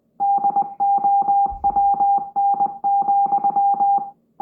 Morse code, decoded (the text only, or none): DOWN,